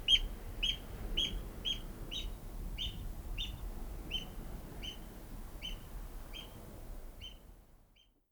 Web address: Oystercatcher